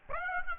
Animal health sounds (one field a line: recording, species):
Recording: mosquito wingbeat signal from an infrared sensor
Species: Aedes aegypti